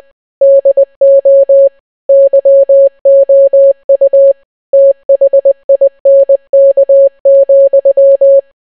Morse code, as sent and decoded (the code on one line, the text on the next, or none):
-.. --- / -.-- --- ..- / - .... .. -. -.- --..--
DO YOU THINK,